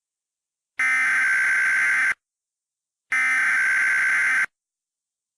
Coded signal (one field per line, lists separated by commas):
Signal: Emergency Alert System (SAME) tones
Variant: header bursts